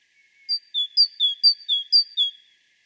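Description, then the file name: Great tit song of four crisp descending note pairs in an even rhythm, preceded by a faint thin note. "Parus major"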